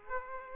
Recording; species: mosquito wingbeat signal from an infrared sensor; Aedes aegypti